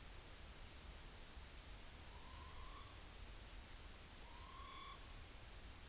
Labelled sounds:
Morepork (Ninox novaeseelandiae) trill
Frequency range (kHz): Morepork (Ninox novaeseelandiae) 0.8-5.7 kHz
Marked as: faintness 4/5
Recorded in New Zealand on 30 April 2013
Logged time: 02:19
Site Ponui

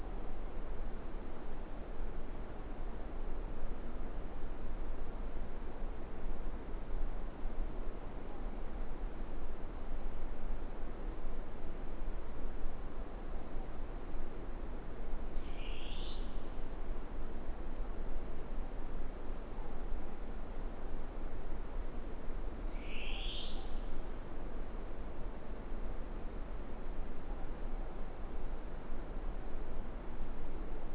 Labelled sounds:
Morepork (Ninox novaeseelandiae) more-pork call
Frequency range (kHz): Morepork (Ninox novaeseelandiae) 0.6-1.2 kHz
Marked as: faintness 5/5, faintness 4/5
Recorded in New Zealand
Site Eglinton

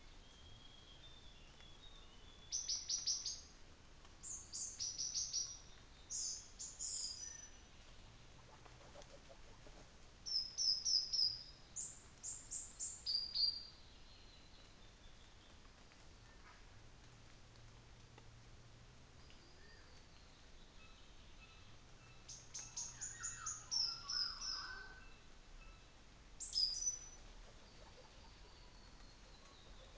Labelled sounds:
New Zealand Fantail (Rhipidura fuliginosa), North Island Saddleback (Philesturnus rufusater)
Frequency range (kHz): North Island Saddleback (Philesturnus rufusater) 1.1-2.8 kHz
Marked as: faintness 2/5, faintness 4/5
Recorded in New Zealand on 24 December 2018
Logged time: 10:15

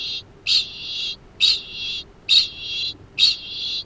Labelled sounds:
Kākāpō (Strigops habroptilus) ching call
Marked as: faintness 2/5
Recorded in New Zealand
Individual Arab

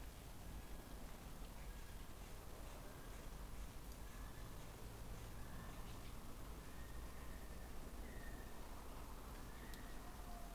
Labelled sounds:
North Island Brown Kiwi (Apteryx mantelli) male call
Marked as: faintness 4/5
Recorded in New Zealand on 20 November 2013
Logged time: 21:14
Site CG25

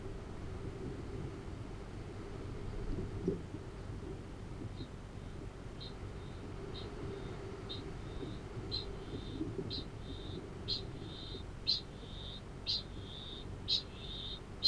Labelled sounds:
Kākāpō (Strigops habroptilus) ching call
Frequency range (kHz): Kākāpō (Strigops habroptilus) 1.7-13.2 kHz
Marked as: faintness 4/5, faintness 3/5
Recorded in New Zealand
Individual Arab

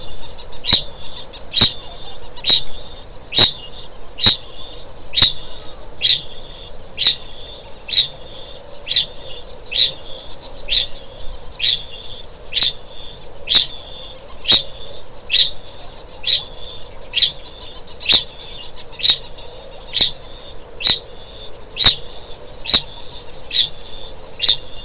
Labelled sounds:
Kākāpō (Strigops habroptilus) ching call
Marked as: faintness 3/5
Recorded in New Zealand
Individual Stumpy

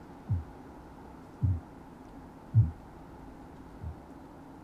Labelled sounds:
Kākāpō (Strigops habroptilus) boom
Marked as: faintness 3/5, faintness 2/5
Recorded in New Zealand
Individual Sirocco

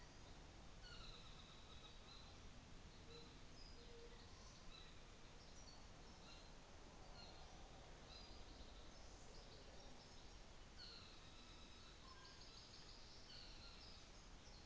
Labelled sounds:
North Island Saddleback (Philesturnus rufusater)
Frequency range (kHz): North Island Saddleback (Philesturnus rufusater) 1.1-7.3 kHz
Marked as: faintness 3/5, faintness 4/5
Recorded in New Zealand on 24 December 2018
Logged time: 17:45

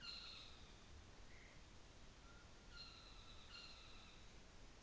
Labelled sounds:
North Island Saddleback (Philesturnus rufusater)
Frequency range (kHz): North Island Saddleback (Philesturnus rufusater) 1.0-7.9 kHz
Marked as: faintness 3/5
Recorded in New Zealand on 24 December 2018
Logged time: 17:00

